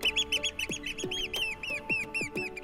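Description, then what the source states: Eurasian oystercatcher piping calls: a fast series of shrill, arched notes over a steady low hum. Call likened to the words "beady beady".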